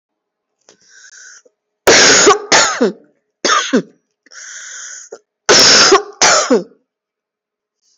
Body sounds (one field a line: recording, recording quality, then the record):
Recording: shallow voluntary cough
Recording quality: excellent, no background noise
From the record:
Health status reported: recovered from COVID-19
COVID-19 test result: positive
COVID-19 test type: RT-PCR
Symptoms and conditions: cough, cold, sore throat, fever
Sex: female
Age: 44 years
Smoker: no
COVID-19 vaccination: both doses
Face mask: worn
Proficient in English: yes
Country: India